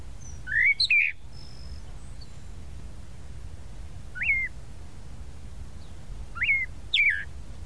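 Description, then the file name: Tropical mockingbird giving sparse whistled phrases, a short sharp pair at the start, then a few single slurred notes spaced out. "Canto-do-Sabiá-da-Praia"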